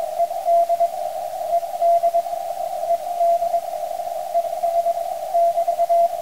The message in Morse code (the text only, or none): ED ED ED ES <BT>